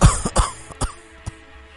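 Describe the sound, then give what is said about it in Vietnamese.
An old man coughs in a rough, hacking fit: about four bursts at irregular intervals, the first loudest and the later ones weaker and raspier, with no talking. “Bố ho làm con mất ngủ hả?”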